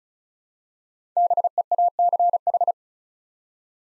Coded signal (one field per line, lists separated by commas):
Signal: Morse code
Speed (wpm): 36 wpm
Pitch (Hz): 700 Hz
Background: none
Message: BEACH